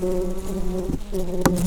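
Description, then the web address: Red-tailed bumblebee buzzing with a steady low droning hum and strong harmonics, briefly dipping and resuming, with a short click near the end. Queens. "bumblebees Lapidarius-queens"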